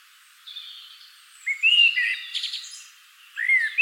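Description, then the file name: Common blackbird song: a clear fluted phrase followed by a scratchy twittered flourish, then another loud whistled note at the end. "Turdus merula"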